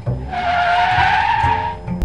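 A loud, sustained tire screech from a 1980-model car skidding in a near crash, lasting about two seconds, a bright wavering squeal over a low engine rumble, ending with a sharp thump.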